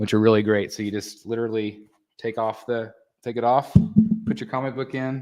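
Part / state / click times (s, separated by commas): magnetic front frame onto comic display backing / not seated / none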